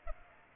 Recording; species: mosquito wingbeat signal from an infrared sensor; Aedes aegypti